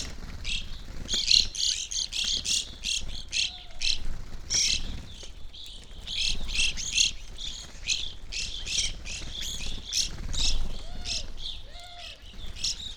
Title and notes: McCloud in Siskiyou County, California. It was a relatively warm winter morning, and a flock of Evening Grosbeaks was busily eating a breakfast of sunflower seeds